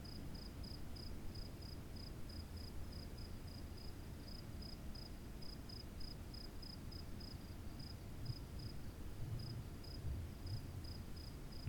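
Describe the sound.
Cricket chirps, short high pulses in an even steady train throughout, with a heavy low droning rumble underneath.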